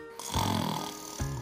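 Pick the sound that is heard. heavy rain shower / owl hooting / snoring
snoring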